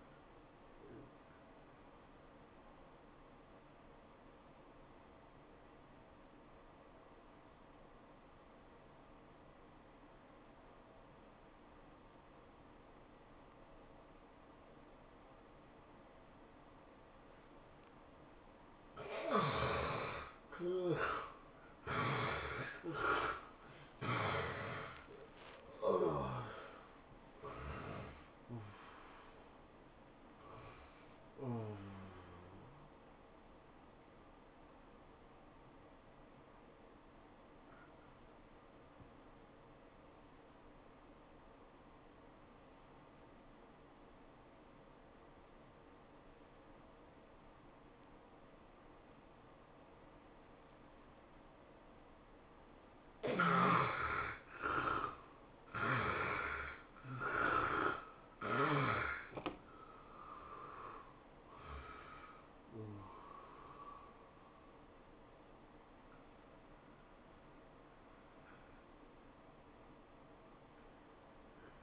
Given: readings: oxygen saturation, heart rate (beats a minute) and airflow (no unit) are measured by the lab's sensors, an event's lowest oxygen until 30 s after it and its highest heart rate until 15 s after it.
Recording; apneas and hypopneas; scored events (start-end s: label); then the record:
breathing in sleep by a voice recorder at the bedside; 2
7.00-20.70 s: obstructive apnea (N2, oxygen 94% highest, then 73% lowest, heart rate 96 at the start, 109 highest)
31.00-61.00 s: new sleep stage, awake
32.00-71.83 s: awake
33.00-56.60 s: hypopnea (scored as awake, oxygen 97% highest, then 75% lowest, heart rate 107 at the start, 107 highest)
61.00-71.83 s: new sleep stage, N1 (lightest sleep)
From the record:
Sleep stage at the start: N2 (light sleep); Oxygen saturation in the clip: 70 to 97%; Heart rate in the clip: 81 to 109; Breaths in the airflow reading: 9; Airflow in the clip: -15.6 to 12.6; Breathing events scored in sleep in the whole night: 403 in 5.5 hours asleep